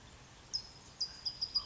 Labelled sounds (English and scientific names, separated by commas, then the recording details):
California Towhee (Melozone crissalis)
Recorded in Sonoma County, California